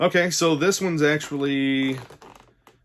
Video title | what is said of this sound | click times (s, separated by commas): Teenage Mutant Ninja Turtles Target Exclusive Movie Star Action Figures Unboxing & Discussion | no it's not engaged | none